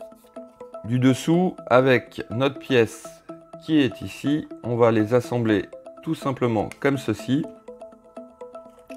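The plastic underside panel of an ALTAYA X-Wing model kit (issue 87) is being handled and pressed toward its mating fuselage piece while someone talks over background music. Light handling taps are heard near the start and again near the end. Nothing has seated or clicked yet.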